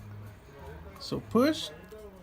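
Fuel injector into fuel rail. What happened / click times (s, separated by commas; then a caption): The part is being pushed by hand but has not clicked into place yet / none. A lubricated aftermarket fuel injector for a 240SX KA24DE is pushed by hand into the fuel rail while someone talks. The injector is being handled, and nothing has seated or clicked into the rail yet.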